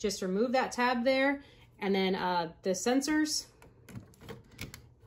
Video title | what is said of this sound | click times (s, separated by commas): How to set up your Epson WorkForce WF-7710 printer! | and then you're gonna hear that click so | 4.6 s, 4.7 s